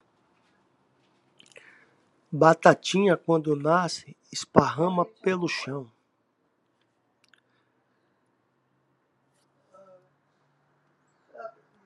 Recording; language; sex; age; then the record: short text; Brazilian Portuguese; male; 60 to 69 years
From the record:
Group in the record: control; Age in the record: 62 years